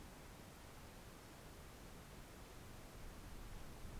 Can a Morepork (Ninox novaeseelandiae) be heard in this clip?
no